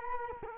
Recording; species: mosquito wingbeat signal from an infrared sensor; Culex quinquefasciatus